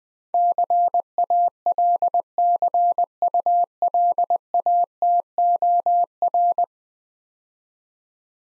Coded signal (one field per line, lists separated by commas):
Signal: Morse code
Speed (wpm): 20 wpm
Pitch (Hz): 700 Hz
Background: none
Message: CALCULATOR